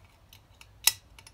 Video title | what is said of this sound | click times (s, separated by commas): 2009-2011 CRF450 Fork Seal Replacement | usually two clicks you're good but double check all the time anyways it's all seated | 0.9 s